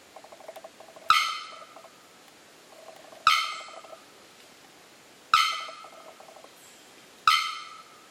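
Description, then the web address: Bearded bellbird uttering four loud, explosive clanging bocks roughly every two seconds, each fading with a ringing tail, over faint quick chattering notes. "bearded bellbird. صدای-پرنده-زنگمرغ-ریشدار"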